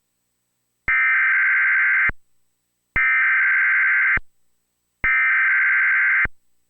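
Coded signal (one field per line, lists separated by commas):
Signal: Emergency Alert System (SAME) tones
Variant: header bursts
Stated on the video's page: Tornado warning relayed by a Trilithic EASyCAST.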